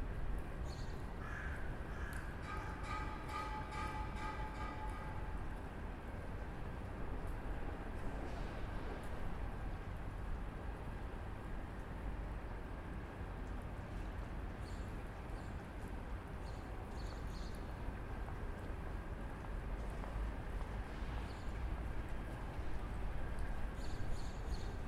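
A calm city scene with a steady low rumble of traffic filling the whole stretch. Early on, around two to five seconds, a bird chirps in short repeated notes, and faint clicks and small sounds drift in now and then over the even hum.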